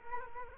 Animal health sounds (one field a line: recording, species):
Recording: mosquito wingbeat signal from an infrared sensor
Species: Culex quinquefasciatus